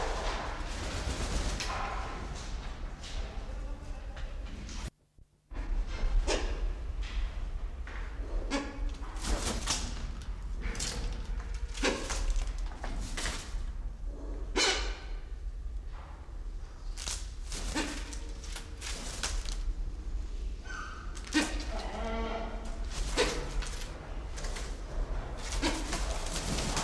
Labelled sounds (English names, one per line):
Choco Toucan